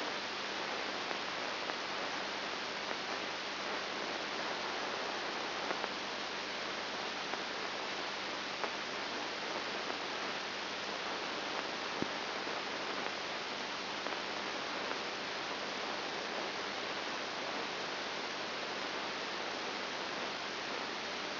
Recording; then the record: brain microelectrode recording played as sound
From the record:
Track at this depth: inside the subthalamic nucleus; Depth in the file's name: 4.701 mm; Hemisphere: left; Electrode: 3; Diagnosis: Parkinson's disease